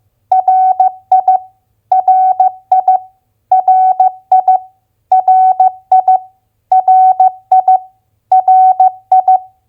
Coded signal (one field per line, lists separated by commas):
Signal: Morse code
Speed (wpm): 15 wpm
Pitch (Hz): 750 Hz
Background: none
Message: RI RI RI RI RI RI